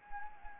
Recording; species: mosquito wingbeat signal from an infrared sensor; Anopheles arabiensis